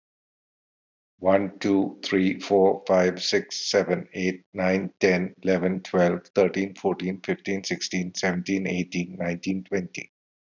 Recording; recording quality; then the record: counting at a fast pace; excellent, no background noise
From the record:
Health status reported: healthy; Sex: male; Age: 56 years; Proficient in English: yes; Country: India